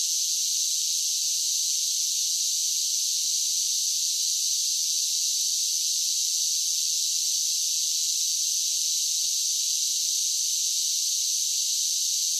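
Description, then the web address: A high, even cicada drone, an unbroken sizzling buzz that neither rises nor falls, with no other sounds. Several cicadas singing together. "Blastwave INSECTS Cicadas Sing"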